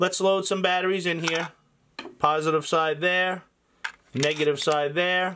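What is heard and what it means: Someone talks while loading two batteries into a Famovape Bit Box dual-battery vape mod and begins pushing down on its plastic or metal battery door, with faint handling sounds in the pauses. The door has not clicked shut yet and nothing has seated.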